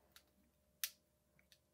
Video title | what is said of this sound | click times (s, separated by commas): 2019 FOX Factory Series 36 FLOAT GRIP 2 Full Service guide for beginners. WEAR your safety glasses! | snap there we go | 0.8 s